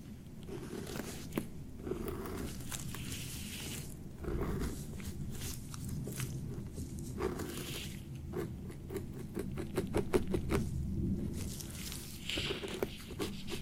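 A beard being treated, with soft rubbing and scratching over a steady low rumble. Short crisp clicks and pats come irregularly, then cluster into a quick run of rapid ticks from about eight to eleven seconds before easing off.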